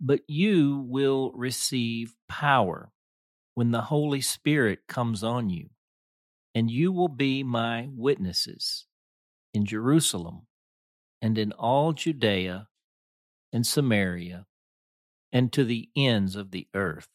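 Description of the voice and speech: A man reads a scripture passage aloud in clear, fluent, evenly paced speech with ordinary voice quality.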